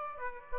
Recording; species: mosquito wingbeat signal from an infrared sensor; Aedes aegypti